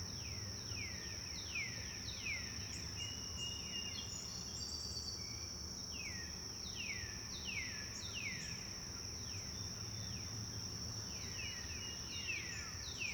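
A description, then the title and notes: Birds chirp softly in quick descending runs that come in clusters, roughly every few seconds, over a constant high insect buzz. Beneath them a dull, steady rumble of ambient noise fills the low end without letting up. Birds Chirping Softly Ambient Noise.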